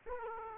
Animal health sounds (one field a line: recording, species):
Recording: mosquito wingbeat signal from an infrared sensor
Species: Aedes aegypti